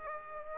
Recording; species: mosquito wingbeat signal from an infrared sensor; Aedes aegypti